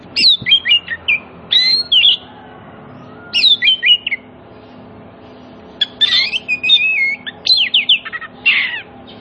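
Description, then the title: Oriental magpie-robin song in separate bursts of varied whistles and harsh, buzzy notes, with pauses between; steady faint hum underneath. Played as a lure so that silent magpie-robins answer and sing energetically (gacor) within about five minutes. "Cukup Hitungan Menit Kacer Lain Bisa Bunyi. CUKUP 5 Menit Kacer LAIN NYAUT JADI GACOR, PANCINGAN KACER MACET BUNYI"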